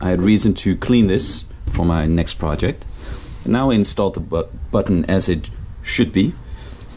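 Someone talks while installing the plastic locking button the correct way into the housing of a Graef CM702 burr coffee grinder. Only speech is heard, with no sharp transients. Nothing has seated or clicked yet; the clip ends just before the button goes home.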